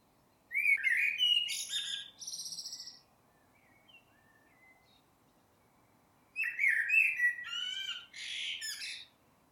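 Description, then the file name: Eurasian blackbird singing two phrases several seconds apart, each a mellow, fluting warble running into a squeaky, high-pitched twittering flourish. "Turdus merula"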